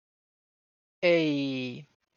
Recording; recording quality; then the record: sustained vowel as in made; excellent, no background noise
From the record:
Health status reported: healthy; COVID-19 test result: not tested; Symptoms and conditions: none ticked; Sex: male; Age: 42 years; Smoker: not ticked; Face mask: not worn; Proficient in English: yes